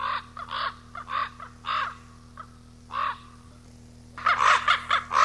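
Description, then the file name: Common raven calls: a few hoarse, throaty croaks with pauses between them, then a louder rapid run of harsh notes at the end, over a steady low hum. Recorded 18 April 1994. "18 04 94 Ccorax"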